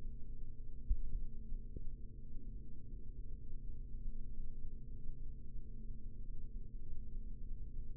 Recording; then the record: forearm muscle sounds (acoustic myography)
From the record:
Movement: rest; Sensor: system 3, bracelet of six PUI Audio POM-2738L microphones around the upper forearm, with dedicated amplification and filtering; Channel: 2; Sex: male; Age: 43 years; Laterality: right